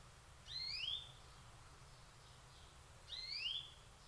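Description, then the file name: European greenfinch uttering paired rising whistled notes, the pair repeated once after about two and a half seconds, over a soft low hum. "Chloris chloris"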